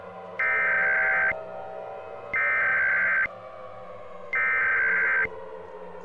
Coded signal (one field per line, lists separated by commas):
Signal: Emergency Alert System (SAME) tones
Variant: header bursts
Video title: EAS Scenario - Close Call